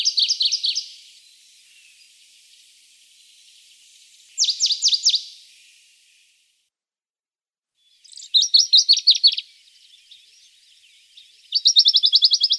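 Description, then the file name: Dusky warbler song: four short bursts of rapid, dry repeated notes, each about a second long, separated by pauses of a few seconds. "Penochka buraja"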